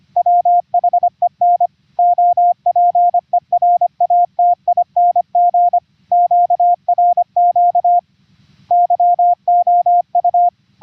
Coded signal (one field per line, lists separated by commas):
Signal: Morse code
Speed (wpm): 25 wpm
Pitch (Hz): 700 Hz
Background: none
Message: WHEN OPERATING QRQ YOU